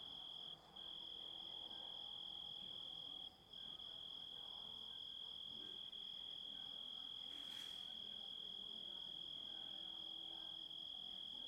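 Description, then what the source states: Shrill, steady grasshopper buzz lasting throughout, with two short breaks in the first few seconds and a brief crackle later on. Composite of grasshopper sounds.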